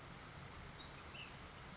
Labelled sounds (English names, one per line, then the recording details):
Ash-throated Flycatcher
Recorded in Sonoma County, California